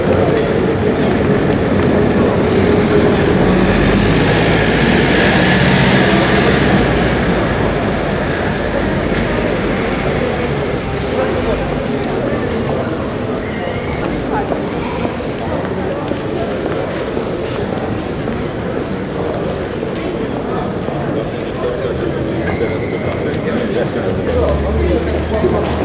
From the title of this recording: Ambient City Center Noise